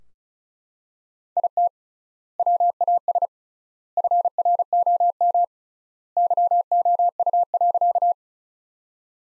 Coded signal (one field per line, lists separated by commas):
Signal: Morse code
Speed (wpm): 36 wpm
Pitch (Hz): 700 Hz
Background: none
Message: IT WAS FROM YOU.